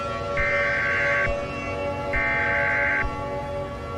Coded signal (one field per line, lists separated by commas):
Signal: Emergency Alert System (SAME) tones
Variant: header bursts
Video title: Jupiter Collision. A Remastered EAS Mock.